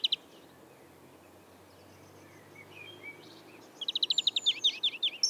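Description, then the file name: European greenfinch song, a couple of brief notes, a quiet stretch with faint twitters, then a rapid trill running into looping twittered notes near the end. "Chloris chloris"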